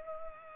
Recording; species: mosquito wingbeat signal from an infrared sensor; Culex pipiens